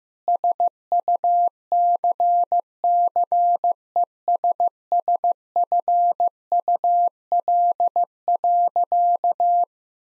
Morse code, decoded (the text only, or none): SUCCESSFUL.